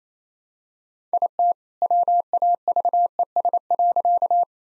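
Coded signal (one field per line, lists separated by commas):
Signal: Morse code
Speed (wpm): 28 wpm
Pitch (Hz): 700 Hz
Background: none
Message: IT WAVES.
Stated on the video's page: Morse practice set of all-age jokes at 28 wpm using contextual priming.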